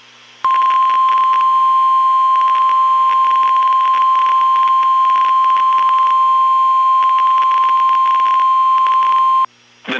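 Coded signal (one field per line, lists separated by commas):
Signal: Emergency Alert System (SAME) tones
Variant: 1050 Hz attention tone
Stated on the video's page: Real NOAA Weather Radio alerts from Nashville, Tennessee, during a flood and tornado outbreak.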